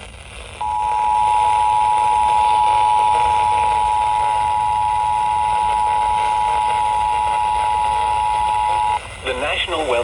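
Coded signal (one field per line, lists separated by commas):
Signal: Emergency Alert System (SAME) tones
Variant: 853 and 960 Hz attention tone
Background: speech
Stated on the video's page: Severe Thunderstorm Warning received on FM radio from a station on 89.9 MHz, recorded with an iPhone 14.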